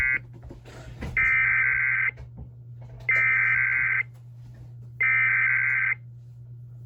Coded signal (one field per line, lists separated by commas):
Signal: Emergency Alert System (SAME) tones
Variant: header bursts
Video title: (Repeat?) EAS 1134: Another Tsunami Warning